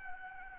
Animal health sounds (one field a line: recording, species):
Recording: mosquito wingbeat signal from an infrared sensor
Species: Aedes albopictus